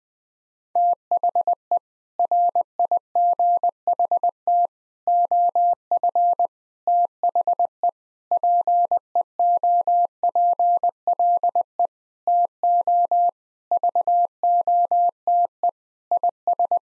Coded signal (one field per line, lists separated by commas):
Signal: Morse code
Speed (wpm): 21 wpm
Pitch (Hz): 700 Hz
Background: none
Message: THE RIGHT OF THE PEOPLE TO VOTE IS